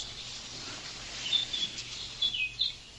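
Birds sing outdoors, recorded from a wall overlooking a chasm beside old villages, with the mic turned up. A series of short, high-pitched chirps and whistles breaks through a soft, steady wash of background hiss and insect-like buzz. No voices.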